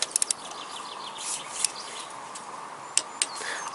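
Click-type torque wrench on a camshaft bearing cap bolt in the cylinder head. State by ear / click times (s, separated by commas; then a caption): torque reached / 3.0 s. A click-type torque wrench tightens a camshaft bearing cap bolt in the cylinder head of a Toyota VVT-i engine. Sharp, short clicks stand out over steady broadband noise, and the wrench clicks at its setting at 3.0 seconds.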